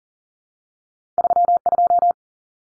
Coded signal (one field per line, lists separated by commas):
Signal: Morse code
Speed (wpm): 40 wpm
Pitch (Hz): 700 Hz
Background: none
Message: 32